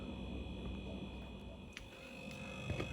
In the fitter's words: look that is supposed to go into there and click it doesn't